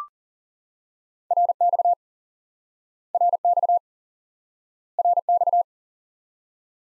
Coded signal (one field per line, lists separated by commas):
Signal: Morse code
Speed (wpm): 37 wpm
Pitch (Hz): 700 Hz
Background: none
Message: RX RX RX